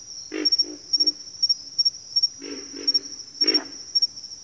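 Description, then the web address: Pig frog giving deep, rasping grunts in short runs of two or three, set against a constant shrill insect trill. "Sleep Sounds of Nature. Pig Frogs"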